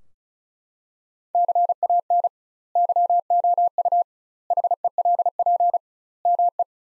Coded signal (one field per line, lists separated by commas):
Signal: Morse code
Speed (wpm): 36 wpm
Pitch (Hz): 700 Hz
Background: none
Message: CAN YOU HELP ME